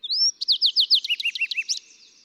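Fox sparrow song: a clear rising whistle, then a rapid run of slurred, ringing notes, some dropping lower partway through.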